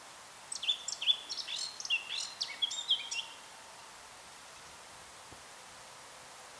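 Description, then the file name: Eurasian blackcap giving a brief burst of rapid warbling notes lasting about three seconds, followed by quiet. "Sylvia atricapilla"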